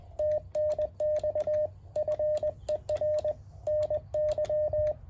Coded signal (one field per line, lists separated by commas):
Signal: Morse code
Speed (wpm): 20 wpm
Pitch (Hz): 610 Hz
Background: radio noise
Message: TNX FER NY